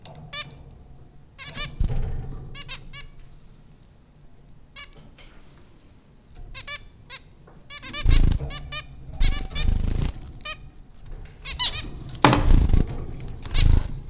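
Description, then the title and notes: Zebra finches giving short nasal, buzzy calls in scattered bursts, several birds overlapping, with low thumping and rustling noises in the second half. Zebra finches at Popcorn School, Flatbush, Brooklyn, New York; recorded April 2009 by Dan Bodah. "Dronecast No. 030: The Popcorn Finches Four from Apr 15, 2009. Zebra finches recorded by Dan Bodah at Popcorn School, Flatbush, Brooklyn NY in April 2009"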